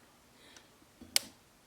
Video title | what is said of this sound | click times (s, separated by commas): Winding the Bobbin on the Juki DNU-1541S Part 2 | And we'll push and listen for that click. | 1.2 s